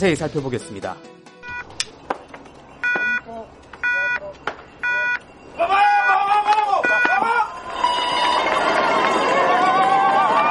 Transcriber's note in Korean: 녹취: 스키 경기장 함성